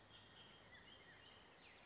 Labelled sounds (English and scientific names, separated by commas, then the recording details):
Bullock's Oriole (Icterus bullockii)
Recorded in Sonoma County, California